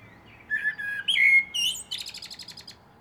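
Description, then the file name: Common blackbird song phrase: several clear fluting whistles, then a fast rattling series of high squeaky ticks near the end. "Turdus merula"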